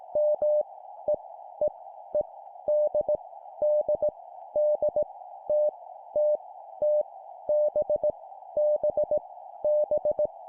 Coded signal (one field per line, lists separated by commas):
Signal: Morse code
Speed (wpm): 18 wpm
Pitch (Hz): 600 Hz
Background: none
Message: M E E E D D D T T T B B B